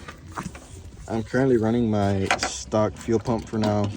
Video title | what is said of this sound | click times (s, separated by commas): DC5CREATIONS Fuel Pump Harness Install RSX/DC5 | you grab this connector from the other harness, you click them in, | 0.4 s